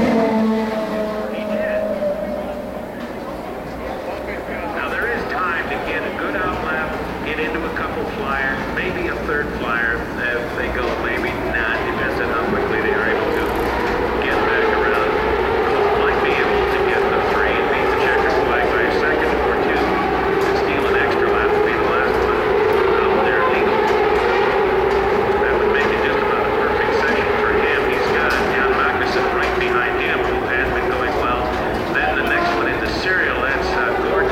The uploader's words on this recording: The Sounds of IndyCar, 1999 Vancouver. Incredible sounds from the 2.65-liter turbocharged V8s produced by Ford-Cosworth, Mercedes-Benz, Toyota, and those mighty Hondas. Vancouver street race.